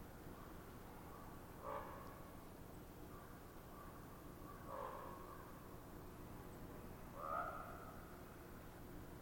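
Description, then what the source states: Common raven popping calls, three soft knocking notes spaced a few seconds apart over steady low background noise. Ravens exchanging popping calls in a conversation-like series.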